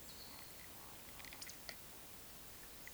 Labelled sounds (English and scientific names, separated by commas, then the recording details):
Eurasian Woodcock (Scolopax rusticola) whistle, Eurasian Woodcock (Scolopax rusticola) croak
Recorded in Baden-Württemberg, Germany, on 11 June 2021 at 20:05 UTC
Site 24606, 635 m above sea level